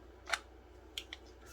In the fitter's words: but it locks in place.